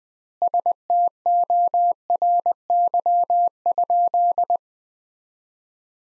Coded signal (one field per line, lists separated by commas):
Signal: Morse code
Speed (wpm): 21 wpm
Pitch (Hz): 700 Hz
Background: none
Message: STORY?